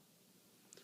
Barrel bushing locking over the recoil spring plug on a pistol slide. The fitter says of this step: and then you just keep sliding it around until you hear it pop